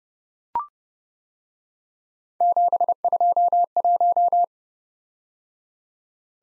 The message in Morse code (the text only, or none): 721